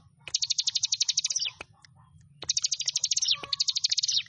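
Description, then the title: Bar-winged prinia giving quick, thin, rattled trills that fall slightly at the end, two long bursts with a gap between, over a low hum and occasional clicks. "Ciblek Sawah"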